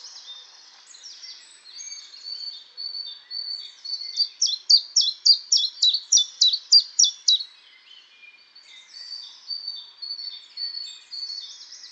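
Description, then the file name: Common chiffchaff song, a quick run of about a dozen bright, down-slurred notes repeated several times a second, with softer similar notes before and after. Fast song. "pierwiosnek peter boesman"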